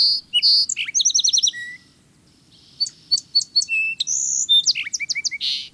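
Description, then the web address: Song sparrow: two songs of clear notes and rapid trills, separated by a short pause. Clear, melodious spring song, sung morning, noon and evening; skulks low in brambles and brush piles, nests on or near the ground; found throughout the United States and into southern Canada. "Birdnote. Song Sparrow"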